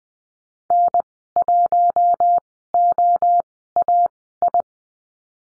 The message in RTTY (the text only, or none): none